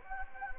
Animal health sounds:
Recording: mosquito wingbeat signal from an infrared sensor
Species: Anopheles gambiae

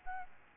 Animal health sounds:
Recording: mosquito wingbeat signal from an infrared sensor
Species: Aedes albopictus

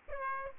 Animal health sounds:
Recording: mosquito wingbeat signal from an infrared sensor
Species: Aedes aegypti

